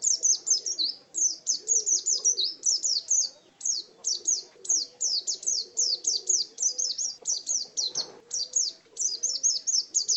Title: Kicau Kacer